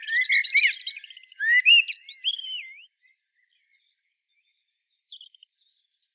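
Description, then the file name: Common blackbird song: a mellow warbled phrase breaking into high squeaky twitters, then a long pause and a few thin high notes near the end. "Turdus merula"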